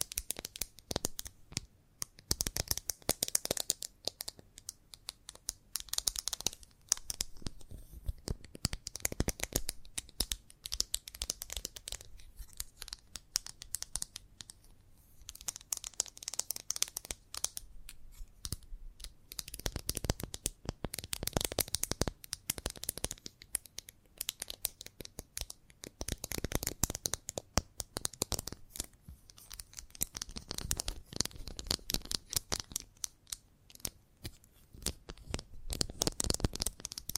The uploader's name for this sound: Chalk Sounds Tapping, Scratching, Carving